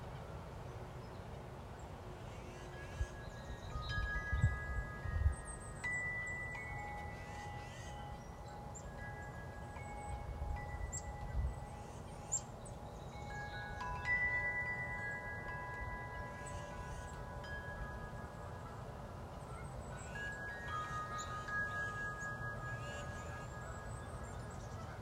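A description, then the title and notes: A goldfinch chirps in short, high bursts around six seconds, again near fourteen, and several times after twenty. Steady ringing tones at different pitches overlap throughout like wind chimes, over a constant low rumble with a few soft thumps near five seconds. Wind gusts rock the tall pines on the back edge of the yard where the mink lives. A bright yellow goldfinch gets in on the action.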